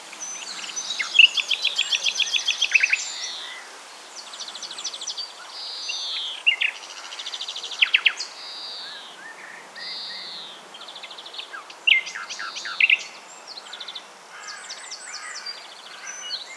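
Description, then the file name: Common nightingale song: varied phrases of rapid stuttering trills, slurred whistles and sharp notes, separated by short pauses, with steady background hiss. "Luscinia megarhynchos"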